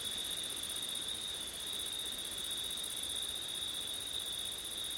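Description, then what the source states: Crickets trilling continuously at a high pitch, with a broad hiss of wind beneath. Crickets at night in September, with wind.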